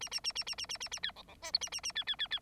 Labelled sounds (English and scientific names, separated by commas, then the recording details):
Bengalese Finch (Lonchura striata domestica) song
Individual Bird9